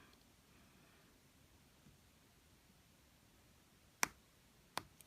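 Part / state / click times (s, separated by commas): safety eye backing onto the eye shank in a crocheted toy / seated / 4.0 s, 4.8 s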